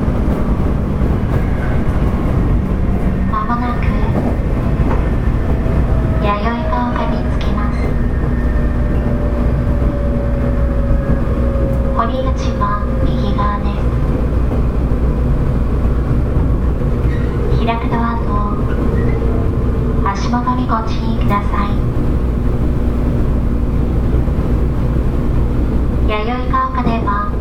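A JR Kyushu 811 series local train runs with a steady low rumble and a falling motor whine, while voices speak intermittently throughout.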